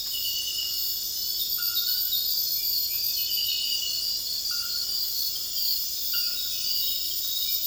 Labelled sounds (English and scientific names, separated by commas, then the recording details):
none
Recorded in secondary vegetation near Puerto Asís, Putumayo, Colombia, on 18 February 2024 at 01:00
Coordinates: 0.481, -76.323
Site G6376